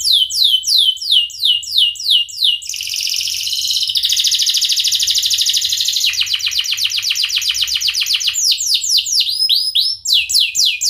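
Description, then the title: Atlantic canary delivering fast falling whistled phrases, a sustained buzzy roll, rapid chattering repeats, and closing sweeps of high notes without a break. Canary singing vigorously, with the best phrasing and the richest fill-in passages. "Kenari Gacor Cengkok Terbaik Isian Paling Mewah"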